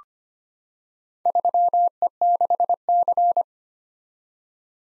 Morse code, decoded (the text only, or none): 3E6C